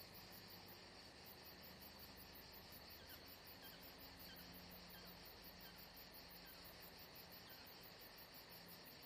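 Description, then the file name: Crickets: steady high pulsing chorus throughout, with a soft low drone beneath. Crickets atmosphere at Saint-Jean-de-Luz. "Saint Jean De Luz Crickets Atmosphere Only Paul Parker Sven Jungbeck"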